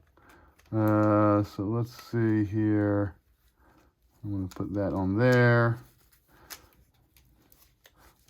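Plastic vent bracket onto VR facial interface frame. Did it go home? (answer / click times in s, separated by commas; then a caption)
yes / 7.2 s, 7.5 s, 7.9 s. Someone talks, then a Kiwi plastic vented cooling face mask bracket for an Oculus 2 VR headset is pressed onto the headset's padded foam facial interface. Its tabs give small clicks at 7.2, 7.5 and 7.9 seconds as the bracket seats in place.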